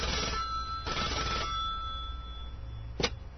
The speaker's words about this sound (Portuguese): Então, se me permite, deixa eu pegar aqui o telefone. Vamos ligar aqui pra igreja. Vamos falar aqui agora com eles.